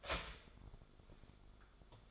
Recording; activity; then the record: daily activity, microphone in the room; start toaster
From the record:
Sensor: 5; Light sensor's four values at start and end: 14/33/13/12 and 14/33/13/12